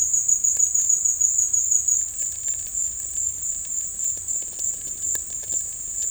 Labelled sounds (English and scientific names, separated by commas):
none